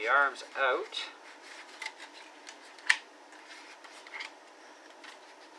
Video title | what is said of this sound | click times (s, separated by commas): RC Quadcopter Unboxing Courtesy Of GeekBuying | they just click and lock into place | 2.9 s